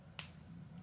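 A plastic cap is pushed back onto a lip product tube until it snaps shut, giving a single sharp click at 0.2 s over a low steady hum. The cap is seated.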